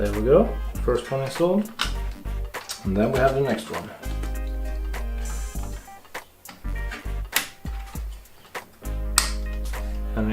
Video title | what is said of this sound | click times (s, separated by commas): Video editing computer, part 2 "Building the computer" | we heard clicks everything has a place | 7.4 s, 9.2 s